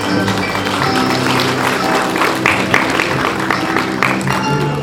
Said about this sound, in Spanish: Aquí también lo recibimos con fuertes aplausos.